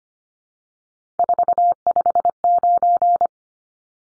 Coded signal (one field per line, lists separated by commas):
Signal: Morse code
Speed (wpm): 25 wpm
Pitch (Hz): 700 Hz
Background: none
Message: 459